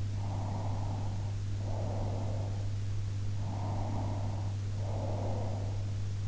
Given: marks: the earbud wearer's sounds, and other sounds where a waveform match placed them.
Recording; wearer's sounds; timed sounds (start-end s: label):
sounds in sleep by an in-ear microphone; breath
0.34-2.85 s: breath
3.60-5.94 s: breath